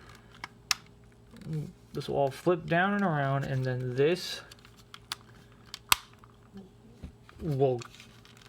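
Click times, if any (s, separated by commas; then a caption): none. A folding plastic panel on a Masterpiece MP-13 Soundwave collectible transforming robot figure is flipped down and around during its transformation to tape deck mode, with its tab about to go into its slot in the body. Someone talks while light plastic handling taps and sharp ticks sound, the loudest near 0.7 and 5.9 seconds. Nothing has seated or clicked into place yet.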